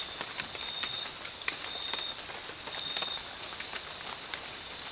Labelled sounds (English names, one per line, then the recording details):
none
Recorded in secondary vegetation near Puerto Asís, Putumayo, Colombia, on 25 June 2025 at 00:00
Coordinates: 0.499, -76.323
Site G077